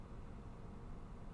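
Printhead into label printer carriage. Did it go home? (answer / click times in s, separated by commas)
no / none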